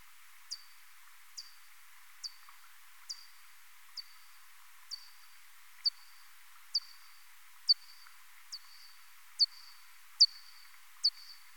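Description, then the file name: Common pipistrelle echolocation pulses: steady train of quick downward-sweeping clicks with flat tails, some louder than others, over faint background hiss. "Ppip"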